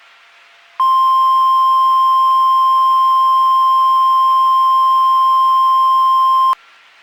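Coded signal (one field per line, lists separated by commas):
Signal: Emergency Alert System (SAME) tones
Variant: 1050 Hz attention tone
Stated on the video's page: Fictional EAS scenario, a remastered recreation of a tornado alert.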